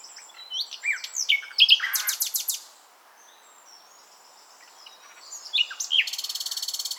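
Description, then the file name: Common nightingale song: varied whistles, then a loud burst of rapid repeated notes, a quiet pause, more whistled notes and a fast steady trill. "Luscinia megarhynchos"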